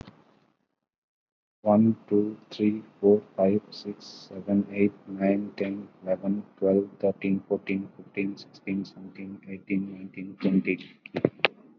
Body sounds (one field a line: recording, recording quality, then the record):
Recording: counting at a fast pace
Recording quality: excellent, no background noise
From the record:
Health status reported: COVID-19 positive, mild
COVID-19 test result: positive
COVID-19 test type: RT-PCR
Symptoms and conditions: fever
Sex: male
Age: 34 years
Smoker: no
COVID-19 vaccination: one dose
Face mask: not worn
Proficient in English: no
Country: India